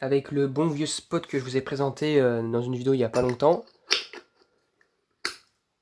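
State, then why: Seated. Someone talks, then a recovered halogen bulb is pushed into the holder of an old spotlight for testing, with a few faint handling sounds. A sharp snap at 5.3 s marks the bulb clipping into place, seated.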